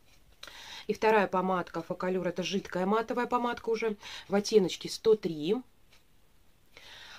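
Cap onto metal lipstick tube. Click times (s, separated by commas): 0.4 s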